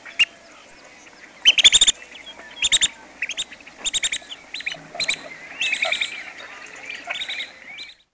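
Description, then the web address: Long-billed Dowitcher giving sharp, high chattering notes in quick bursts and clusters. "Peterson North American Birds. lbdo"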